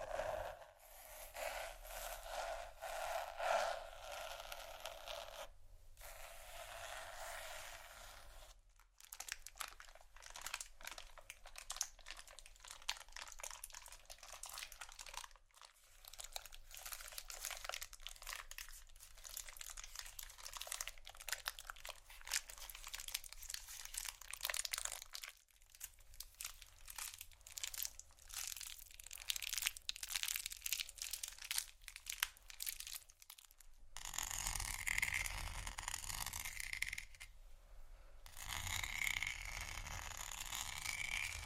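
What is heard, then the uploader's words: Plastic crinkling, scratching and brushing bristles in dense, busy bursts with short silent gaps near 6, 9, 15, 25 and 34 seconds. Vinyl,plastic,bristles,tap,crinkle,scratching,glass,etc.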